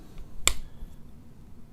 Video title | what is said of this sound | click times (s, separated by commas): The Ultimate 1911 Maintenance Video | pressure downward turn that till it snaps back in place | 0.5 s